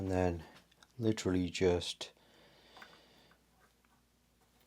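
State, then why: Not seated. Someone talks for the first two seconds while holding a cooling fan over its plastic mount on the brushless motor of a Traxxas Rustler RC car, about to press it down until it snaps into place. Only quiet handling noise follows, with faint ticks near 2.8 s and 3.9 s. The clip ends before the fan goes home, so nothing has seated or clicked yet.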